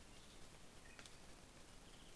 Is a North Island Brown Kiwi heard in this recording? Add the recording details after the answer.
no. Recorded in New Zealand on 21 November 2014. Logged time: 04:57. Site CL78